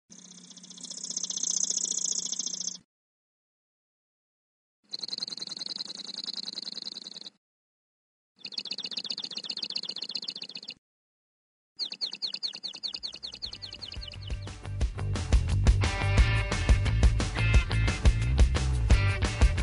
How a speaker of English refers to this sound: To play us out, here's some songbird karaoke, 3 song snippets from each of 2 of the birds that Richard and John's team used in their study.